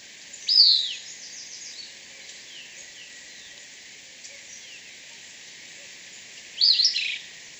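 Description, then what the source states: Caribbean elaenia giving two brief slurred calls, one at the start and one near the end, with quiet background between. Recorded at Gros Islet, St Lucia, on 10 June 2018.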